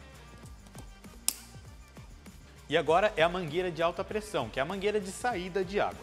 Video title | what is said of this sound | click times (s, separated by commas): Aprenda tudo sobre a Desobstruidora e Lavadora de Alta Pressão WAP Ousada WL 2600 ULTRA - ACADEMY | É só pressionar até ouvir o clique. | 1.3 s